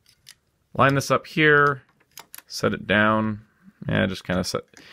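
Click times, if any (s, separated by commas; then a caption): none. A plastic action-base display clip is lined up on the back of a model kit bust and set down while someone talks, with a few short, faint knocks of contact early on. Unlike most Gundam action base clips, it does not click into place or stay put, so nothing has seated or clicked.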